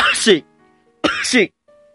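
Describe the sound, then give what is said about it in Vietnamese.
Two loud, abrupt sneezes from a chilled person with a runny nose, apparently voiced by someone imitating them, each a harsh breathy burst about half a second long, separated by a brief pause with a faint tone lingering afterward. “Tiếng hắt hơi ngay lập tức vang lên động địa.”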